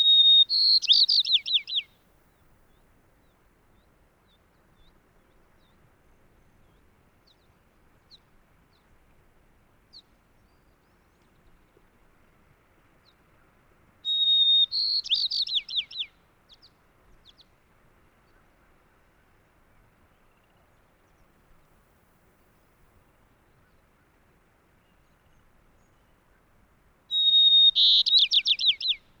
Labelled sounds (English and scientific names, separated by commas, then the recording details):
White-crowned Sparrow (Zonotrichia leucophrys) song
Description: White-crowned Sparrow song recorded in Moraine Park in Rocky Mountain National Park
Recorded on 29 May 2017